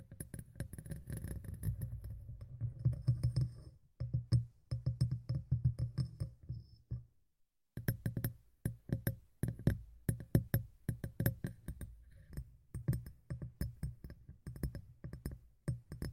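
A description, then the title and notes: Tapping sounds right by the ear, with a dense run of soft taps and low thumps through the first seven seconds. After a brief silence near seven seconds, sharper, brighter taps follow in quick, uneven bursts, heavier around eight and thirteen seconds. ASMR Tapping in Your Ear (No Talking).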